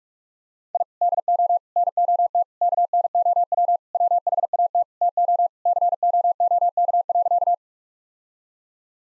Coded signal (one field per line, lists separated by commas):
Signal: Morse code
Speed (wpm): 43 wpm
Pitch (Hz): 700 Hz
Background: none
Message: I DO NOT KNOW WHAT TO COOK.